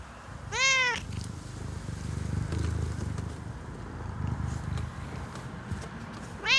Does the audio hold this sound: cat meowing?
yes